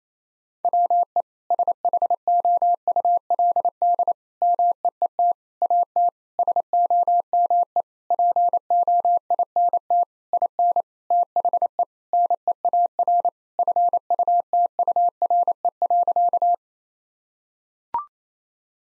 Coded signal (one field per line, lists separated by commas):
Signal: Morse code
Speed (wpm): 28 wpm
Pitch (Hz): 700 Hz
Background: none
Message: WE SHOULD MEET AT SOME POINT IN THE NEAR FUTURE.